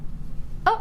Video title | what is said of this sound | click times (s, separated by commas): JewelleryMaker LIVE 07/10/2013 | oh there you are so as you can see it just clicks in into place and then you just wind it | 0.7 s